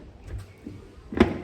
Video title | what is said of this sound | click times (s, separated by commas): FINALLY !!! ... PANNIERS for my HONDA HIGHNESS CB350 | और यह lock हो गया | 1.2 s